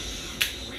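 A Mounjaro injector pen is held pressed against the skin for a weekly shot. A single sharp click is heard at 0.4 s, standing out from a steady low background hiss. This is the second click, showing the dose is complete.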